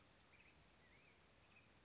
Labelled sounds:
Black-headed Grosbeak
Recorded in Sonoma County, California

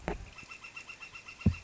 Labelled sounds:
Northern Flicker
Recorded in Sonoma County, California

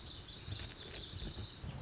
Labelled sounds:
Lazuli Bunting
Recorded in Sonoma County, California

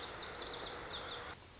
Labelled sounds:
Lazuli Bunting
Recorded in Sonoma County, California

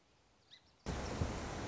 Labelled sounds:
Song Sparrow
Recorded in Sonoma County, California

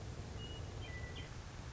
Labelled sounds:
Western Meadowlark
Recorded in Sonoma County, California

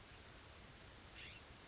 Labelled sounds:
California Scrub-Jay
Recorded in Sonoma County, California

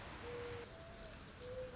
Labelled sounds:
Mourning Dove
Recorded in Sonoma County, California

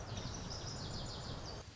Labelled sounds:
Lazuli Bunting
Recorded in Sonoma County, California

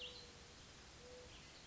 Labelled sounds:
Mourning Dove
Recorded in Sonoma County, California

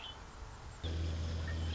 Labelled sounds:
Red-winged Blackbird
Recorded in Sonoma County, California

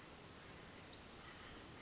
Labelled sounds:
Western Flycatcher
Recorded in Sonoma County, California

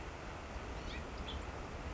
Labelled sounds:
House Finch
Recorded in Sonoma County, California

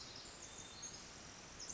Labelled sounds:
Pacific Wren
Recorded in Sonoma County, California

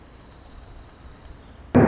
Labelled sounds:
Orange-crowned Warbler
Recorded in Sonoma County, California

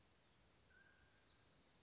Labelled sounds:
Mountain Quail
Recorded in Sonoma County, California

